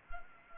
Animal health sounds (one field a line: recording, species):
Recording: mosquito wingbeat signal from an infrared sensor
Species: Anopheles arabiensis